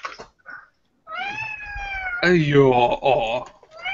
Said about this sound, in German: Ja, war das eine Katze? Ja.